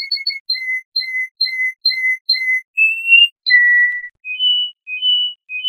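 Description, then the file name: Canary song: a row of repeated clear whistled notes, then a switch to higher, varied whistles. "kenari"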